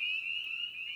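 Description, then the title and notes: Spring peeper chorus heard as a steady, shrill, high ringing of many overlapping peeps, unbroken for the whole moment. Spring peeper song on an evening at a frog pond. "frog pond. evening. Spring Peeper (Pseudacris crucifer). by Ian Carlsen"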